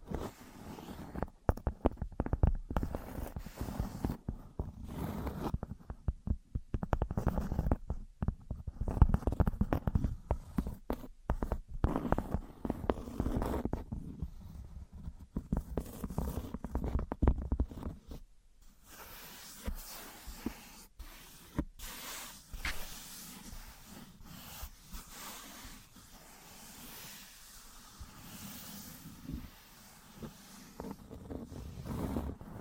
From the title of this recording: Wood vs Cork, Sponge vs Foam, Glass vs Plastic